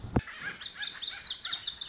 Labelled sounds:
Lazuli Bunting (Passerina amoena)
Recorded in Sonoma County, California

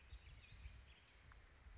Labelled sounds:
Brown Creeper (Certhia americana)
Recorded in Sonoma County, California

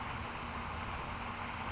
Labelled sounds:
California Towhee (Melozone crissalis)
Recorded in Sonoma County, California

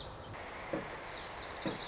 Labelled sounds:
Lazuli Bunting (Passerina amoena)
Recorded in Sonoma County, California

